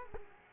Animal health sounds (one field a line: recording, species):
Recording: mosquito wingbeat signal from an infrared sensor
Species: Culex quinquefasciatus